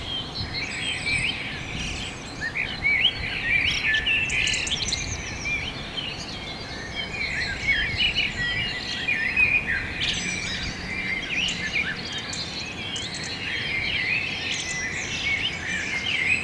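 Birds sing and chirp continuously in a morning meadow, many voices overlapping in a dense, bright chorus of quick trills and tweets throughout. A steady low rumble of wind or noise sits underneath, with the birdsong swelling slightly around the middle and end.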